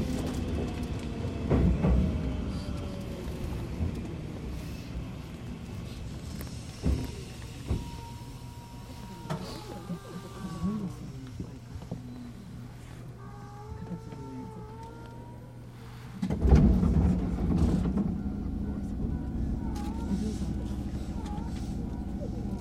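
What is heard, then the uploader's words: A Tsurumi Line train runs between stations, a low steady rumble filling the clip. Thin rising and falling motor whines drift through the middle, with brief knocks and clatters scattered about. Around sixteen seconds the rumble swells louder and rougher before settling again. Tsurumi Line (Kumoha 204-1109) From Tsurumi to Kokudo.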